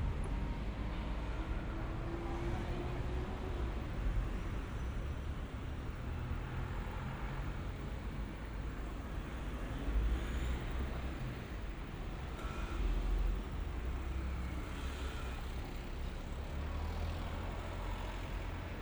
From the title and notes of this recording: 3D AUDIO Walking in Shibuya 渋谷 Tokyo, Japan.